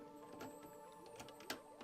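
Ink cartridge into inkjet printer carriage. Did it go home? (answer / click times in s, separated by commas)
yes / 1.5 s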